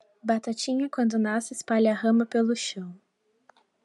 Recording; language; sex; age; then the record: short text; Brazilian Portuguese; female; 20 to 29 years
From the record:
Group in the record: control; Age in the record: 27 years